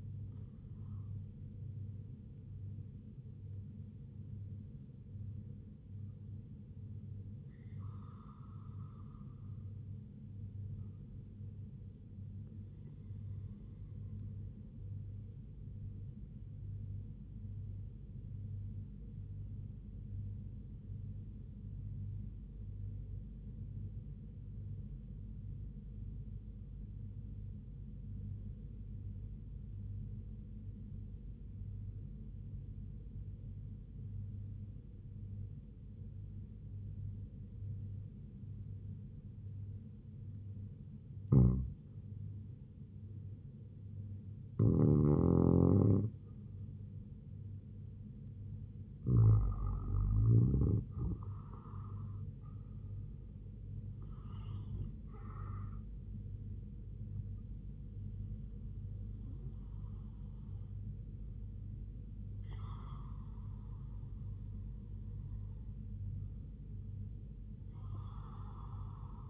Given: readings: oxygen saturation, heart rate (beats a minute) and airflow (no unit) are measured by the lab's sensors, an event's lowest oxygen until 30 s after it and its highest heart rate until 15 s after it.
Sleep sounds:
breathing in sleep by a smartphone at the bedside; 1
16.00-46.20 s: hypopnea (REM, oxygen 100% highest, then 93% lowest, heart rate 76 at the start, 83 highest)
From the record:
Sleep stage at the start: REM sleep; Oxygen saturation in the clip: 93 to 100%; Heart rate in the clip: 67 to 83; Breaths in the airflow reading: 12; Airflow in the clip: -4.0 to 5.7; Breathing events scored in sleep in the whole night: 158 in 7.3 hours asleep

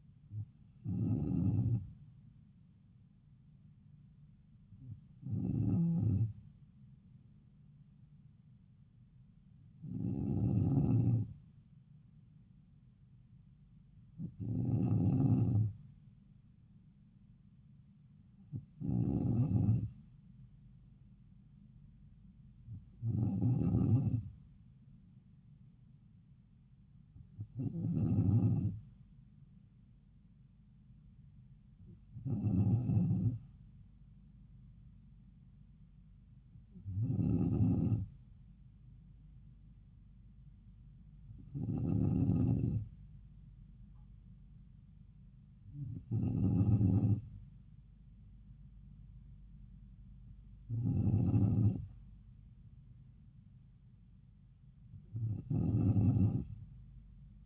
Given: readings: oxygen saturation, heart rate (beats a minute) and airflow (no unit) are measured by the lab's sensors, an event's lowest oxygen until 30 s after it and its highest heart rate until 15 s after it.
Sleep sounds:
breathing in sleep by a smartphone at the bedside; none
none scored
From the record:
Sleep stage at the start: N2 (light sleep); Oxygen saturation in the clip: 94%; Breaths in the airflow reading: 13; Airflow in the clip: -3.3 to 3.2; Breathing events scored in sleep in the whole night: 270 in 6.1 hours asleep

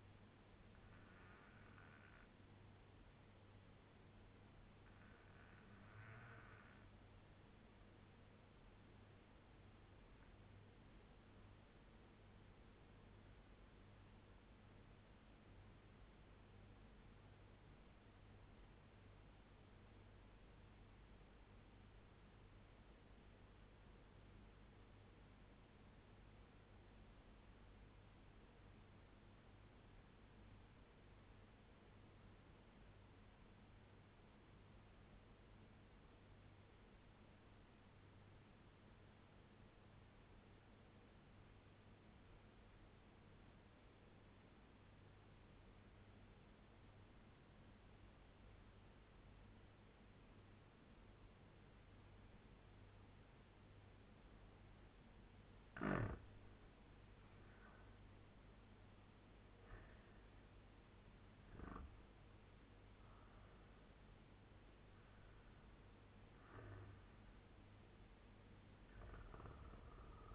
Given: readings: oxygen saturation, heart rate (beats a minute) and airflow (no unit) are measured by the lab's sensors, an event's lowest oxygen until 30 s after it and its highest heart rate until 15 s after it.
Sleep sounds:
breathing in sleep by a voice recorder at the bedside; 1
15.00-56.60 s: obstructive apnea (N2, oxygen 95% highest, then 80% lowest)
23.00-70.35 s: new sleep stage, REM sleep
From the record:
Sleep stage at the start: N2 (light sleep); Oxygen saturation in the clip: 81 to 97%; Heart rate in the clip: 81 to 94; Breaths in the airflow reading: 4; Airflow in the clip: -8.9 to 8.1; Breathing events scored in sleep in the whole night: 201 in 6.5 hours asleep

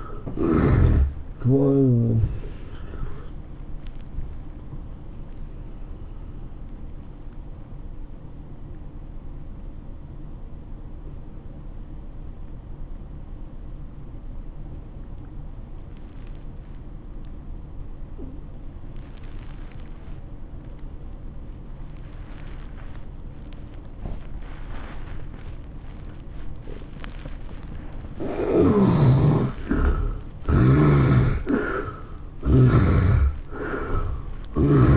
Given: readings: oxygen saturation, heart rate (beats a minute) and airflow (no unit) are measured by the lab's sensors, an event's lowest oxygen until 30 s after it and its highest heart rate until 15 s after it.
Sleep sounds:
breathing in sleep by a smartphone at the bedside; 1
6.00-29.00 s: obstructive apnea (N1, oxygen 97% highest, then 72% lowest, heart rate 111 at the start, 111 highest)
From the record:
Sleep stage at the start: N1 (lightest sleep); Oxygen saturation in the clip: 68 to 97%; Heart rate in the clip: 86 to 112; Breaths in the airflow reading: 5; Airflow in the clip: -14.3 to 11.2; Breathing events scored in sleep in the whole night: 403 in 5.5 hours asleep

